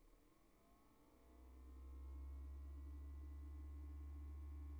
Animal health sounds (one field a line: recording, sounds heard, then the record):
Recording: poultry house recording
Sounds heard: no chicken sound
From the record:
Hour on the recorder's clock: 1